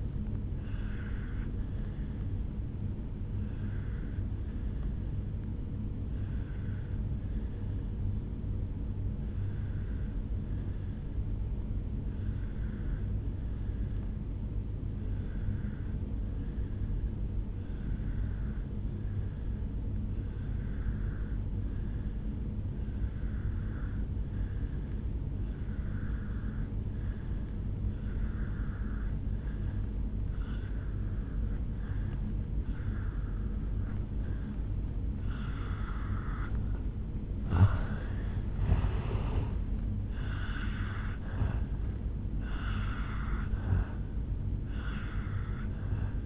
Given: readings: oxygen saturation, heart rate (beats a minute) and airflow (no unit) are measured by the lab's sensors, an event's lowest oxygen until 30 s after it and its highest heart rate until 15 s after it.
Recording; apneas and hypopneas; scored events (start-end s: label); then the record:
breathing in sleep by a smartphone at the bedside; 1
3.00-37.40 s: obstructive apnea (N1, oxygen 96% highest, then 85% lowest, heart rate 66 at the start, 74 highest)
10.00-46.26 s: new sleep stage, N2 (light sleep)
From the record:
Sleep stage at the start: N1 (lightest sleep); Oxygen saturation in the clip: 86 to 96%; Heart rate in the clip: 54 to 74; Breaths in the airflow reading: 3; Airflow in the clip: -13.0 to 5.3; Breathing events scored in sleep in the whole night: 449 in 7.0 hours asleep